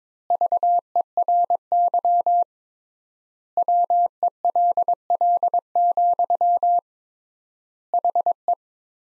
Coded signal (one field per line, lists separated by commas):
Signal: Morse code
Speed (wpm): 22 wpm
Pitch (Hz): 700 Hz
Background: none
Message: VERY WELL, HE